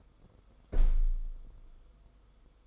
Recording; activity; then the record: daily activity, microphone in the room; close window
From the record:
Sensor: 5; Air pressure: 990.5 hPa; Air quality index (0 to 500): 161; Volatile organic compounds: 260 ppm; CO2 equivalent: 4388 ppm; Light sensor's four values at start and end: 17/41/17/18 and 17/41/17/18